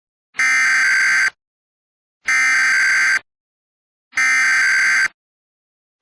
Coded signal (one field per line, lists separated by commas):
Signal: Emergency Alert System (SAME) tones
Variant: header bursts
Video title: EAS MOCK #17: Audio Feedback Testing